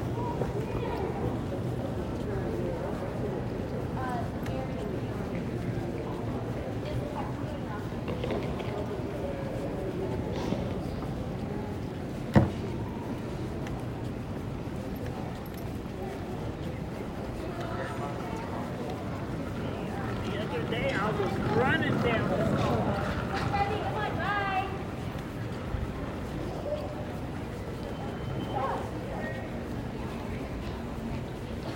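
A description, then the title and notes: Busy terminal ambience with a steady wash of overlapping voices and a low rumble throughout. Rolling, rattling sounds come and go, with a sharp knock near twelve seconds and a livelier stretch of chatter and movement around twenty to twenty-five seconds. San Francisco International Airport (SFO). You'll hear the sounds of luggage wheels rolling across the floor, as travelers make their way through the terminal. The buzz of conversations in different languages creates a sense of global connectedness. SFO Hustle Bustle.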